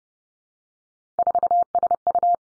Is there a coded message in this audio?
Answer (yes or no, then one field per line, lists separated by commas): yes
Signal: Morse code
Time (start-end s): 1.2-2.4 s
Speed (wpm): 30 wpm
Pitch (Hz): 700 Hz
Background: none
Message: 4SU